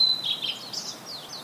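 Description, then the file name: Blue-and-white flycatcher song fragment: a clear high whistle sliding into a few quick slurred, descending notes that fade out. "oruri"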